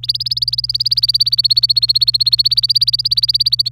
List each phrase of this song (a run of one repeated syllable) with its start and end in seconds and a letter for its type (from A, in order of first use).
0.03-3.69 A